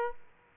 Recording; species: mosquito wingbeat signal from an infrared sensor; Aedes aegypti